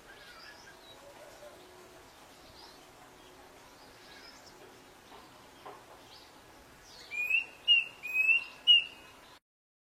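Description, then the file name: Little bronze cuckoo song: after several seconds of quiet background hiss, four high, slurred whistled notes in quick succession. "Canto do cuco bronzeado menor"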